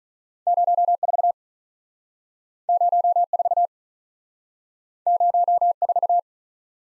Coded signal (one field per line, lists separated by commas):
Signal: Morse code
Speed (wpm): 48 wpm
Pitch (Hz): 700 Hz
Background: none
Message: 0 4 0 4 0 4